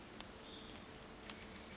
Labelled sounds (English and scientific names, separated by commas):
Hutton's Vireo (Vireo huttoni)